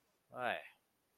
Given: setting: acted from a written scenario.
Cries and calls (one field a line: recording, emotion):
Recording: vocal sound without words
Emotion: confusion